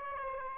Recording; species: mosquito wingbeat signal from an infrared sensor; Aedes aegypti